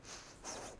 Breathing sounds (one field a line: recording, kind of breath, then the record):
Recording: one breath in and out by a microphone near the nose and mouth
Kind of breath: strong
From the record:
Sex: female